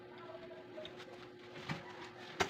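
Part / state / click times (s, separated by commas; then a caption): newborn layer clip going onto the crib frame / seated / 2.4 s. The newborn bassinet layer connector of a Phoenix Hub rocking crib/playpen is pushed onto the crib frame, with quieter knocks at 0.9 s and 1.7 s over a faint steady hum. A sharp click at 2.4 s marks the connector locking onto the frame, and it is confirmed locked.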